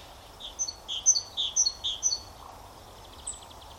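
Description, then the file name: Great tit calling in a rapid run of bright, high chirps, several clustered notes in quick succession over about two seconds, then a single faint high note, with soft background noise. "Parus major"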